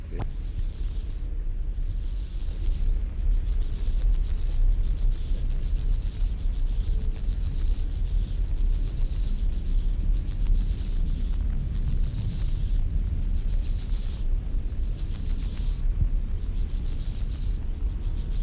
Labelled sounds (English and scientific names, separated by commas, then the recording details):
Steppe Grasshopper (Chorthippus dorsatus) stridulation
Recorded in the wild
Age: imago
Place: Schildow, NSG, Kalktuffgelände am Tegeler Fließ (NSG Schildow), Berlin, DE
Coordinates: 52.642, 13.37
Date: 1993-08-14 11:51
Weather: 20°C, sonnig
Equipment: Marantz CP 430, Sennheiser ME 80, Kopie Uher Variocord 263
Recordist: Tembrock, Günter